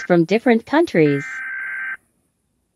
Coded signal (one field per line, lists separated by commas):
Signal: Emergency Alert System (SAME) tones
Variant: header bursts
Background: speech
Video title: Rating eas alarms 🚨